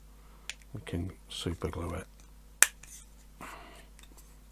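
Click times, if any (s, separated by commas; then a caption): 2.6 s. Someone talks while pressing two plastic parts, numbered 311 and 312, of a U 96 U-boat model kit together by hand. A single sharp snap at 2.6 s marks the parts clicking into place, and they are seated firmly enough that no glue is needed.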